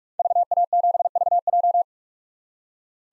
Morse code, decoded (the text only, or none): VA7VJ